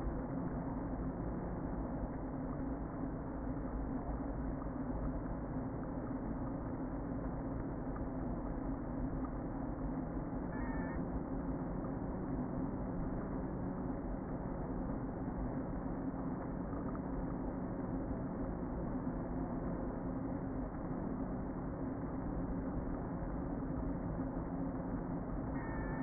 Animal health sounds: honeybee colony, microphone inside the hive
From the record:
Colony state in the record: queen present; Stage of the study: before two queens were removed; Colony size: about 60,000 bees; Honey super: yes

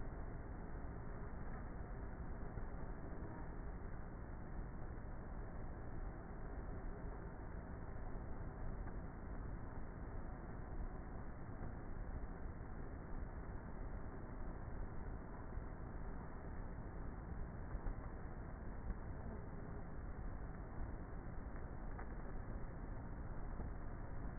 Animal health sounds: honeybee colony, microphone inside the hive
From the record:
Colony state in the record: queenless with a low population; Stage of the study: before two queens were removed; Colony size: about 30,000 bees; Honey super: no

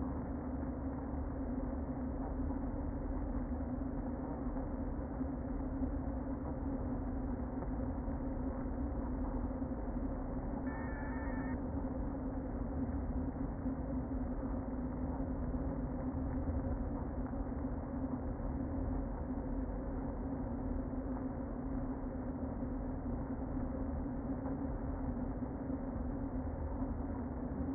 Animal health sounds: honeybee colony, microphone inside the hive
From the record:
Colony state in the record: queen present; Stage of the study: before two queens were removed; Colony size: about 60,000 bees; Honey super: yes

